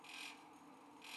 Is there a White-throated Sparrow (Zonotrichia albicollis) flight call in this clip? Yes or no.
no